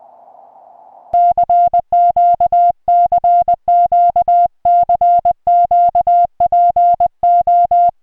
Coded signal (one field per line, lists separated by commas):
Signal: Morse code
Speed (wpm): 20 wpm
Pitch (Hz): 700 Hz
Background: music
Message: CQ CQ CQ PO